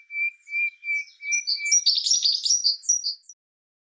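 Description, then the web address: Bird song beginning with five steady, evenly spaced whistled notes on one pitch, then running into a fast, chattering jumble of high notes. "Deverinetal 2025"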